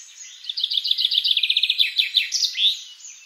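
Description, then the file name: Common chaffinch song: a brisk series of repeated notes ending with a sharp flourish. "Fringilla coelebs"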